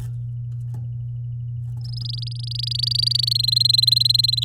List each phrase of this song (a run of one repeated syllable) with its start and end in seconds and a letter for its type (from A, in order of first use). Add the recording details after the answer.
1.84-3.33 A, 3.35-4.44 B. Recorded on 9 May 2018 at 09:58. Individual llb16